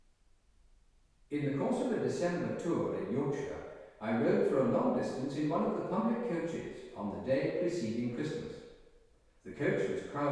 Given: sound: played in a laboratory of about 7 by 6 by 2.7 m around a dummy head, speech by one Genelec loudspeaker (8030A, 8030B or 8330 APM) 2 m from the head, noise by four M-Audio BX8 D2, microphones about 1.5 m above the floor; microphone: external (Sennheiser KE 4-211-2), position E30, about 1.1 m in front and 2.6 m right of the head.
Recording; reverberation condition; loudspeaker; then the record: male speech in English; high; 30 degrees to the left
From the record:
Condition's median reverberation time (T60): about 1300 ms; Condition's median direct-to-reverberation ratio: about -4.0 dB